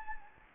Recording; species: mosquito wingbeat signal from an infrared sensor; Anopheles gambiae